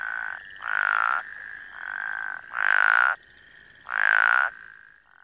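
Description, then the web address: Plains spadefoot calls: three loud croaks in a row, with fainter croaks between them. "Frog Calls Spea bombifrons - Plains Spadefoot"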